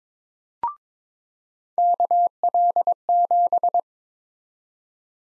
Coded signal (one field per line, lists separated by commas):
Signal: Morse code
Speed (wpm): 22 wpm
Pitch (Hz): 700 Hz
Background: none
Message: KL7